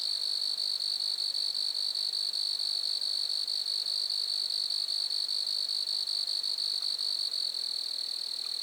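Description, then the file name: Grasshopper trilling throughout, a high, even, finely pulsed buzz that never pauses. Lac-à-François, Montcerf-Lytton, Quebec, Canada. "criquets-grasshoppers- -lac-acc 80-franccca 7 ois-montcerf-lytton-quecc 81 bec-canada"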